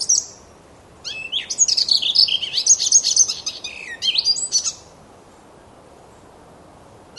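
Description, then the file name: Icterine warbler singing a fast, varied, chattering phrase of high squeaky and harsh notes for nearly four seconds, then a pause before a new phrase starts. "hippolais icterina"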